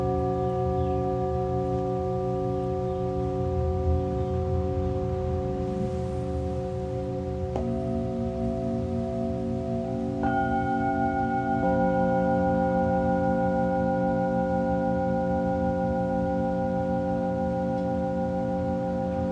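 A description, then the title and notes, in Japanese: Tibetan singing bowls ring in a dense, sustained layer of overlapping tones that hold steady throughout. New bowls are struck near 7.5, 10 and 11.5 seconds, each adding a brighter, higher ring above the low, slowly pulsing hum. The sound is continuous. 深夜のシンギングボウルのサウンドヒーリング。チベタンシンギングボウル。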